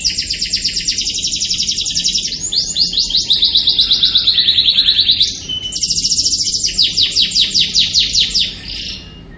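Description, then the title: Canary song: long rapid trills and rolling tours in high pitch, shifting between buzzy and clear whistled phrases with only one brief break. Kept canary. "Kenari Raja Kecil milik Fitri BKS"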